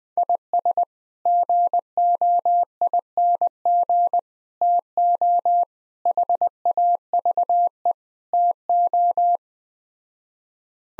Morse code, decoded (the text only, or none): IS GOING TO HAVE TO